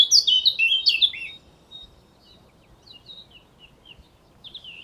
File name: Sylvia atricapilla